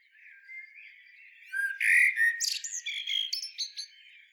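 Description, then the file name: Eurasian blackbird song: a soft low warble swells into one loud fluted phrase that breaks into thin, high, scratchy twitter notes. "Turdus merula"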